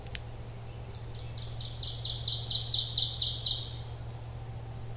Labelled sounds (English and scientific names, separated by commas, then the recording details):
Ovenbird (Seiurus aurocapilla) song
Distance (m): 25 m
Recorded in boreal forest in Alberta, Canada, on 26 May 2016 at 06:08
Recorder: SongMeter 3, array SBT-3-15
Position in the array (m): 47 m, 284 m
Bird 20